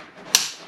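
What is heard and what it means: On a classic Mini van engine, a metal spring clip is pushed back over the plastic distributor cap and snaps home with a sharp, bright click at 0.4 s, against a quiet background. The spring clip seats, holding the distributor cap onto the distributor.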